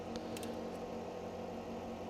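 A small internal part is handled and lined up against a game controller housing during a repair, with brief light ticks at about 0.2 and 0.4 seconds over a steady low hum. Nothing has seated or clicked into place yet.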